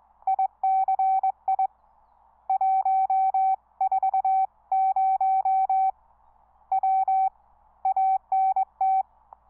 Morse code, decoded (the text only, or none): ICI 140W ANT